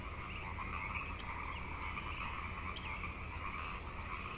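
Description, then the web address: Continuous frog chorus of massed trilling croaks, even and unbroken, with a few faint high chirps mixed in. Frog chorus at Grafton Lake, recorded 3 May 2009. "The Frog Chorus Tunes Up On Grafton Lake frogs 090503"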